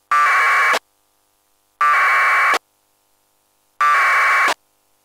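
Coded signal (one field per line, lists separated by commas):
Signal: packet radio (AX.25, as in APRS)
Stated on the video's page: Local APRS traffic on 144.800 MHz, 1200-baud AFSK, received live.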